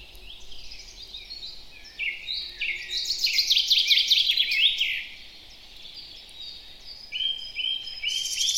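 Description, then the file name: Common chaffinch song: a rapid series of bright notes ending in a short flourish, followed later by a few separate chirps, over background noise. "Fringilla coelebs"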